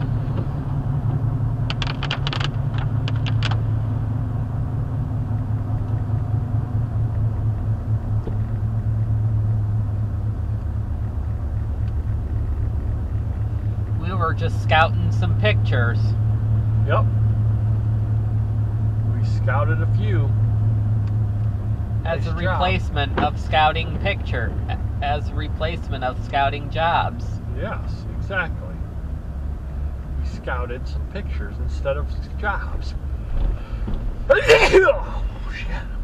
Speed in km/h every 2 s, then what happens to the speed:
47, 45, 45, 40, 35, 32, 34, 35, 37, 35, 35, 32, 32, 29, 26, 23, 19, 16.
4-10 slows to 32. 10-24 steady at about 34. 24-36 slows to 16.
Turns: none.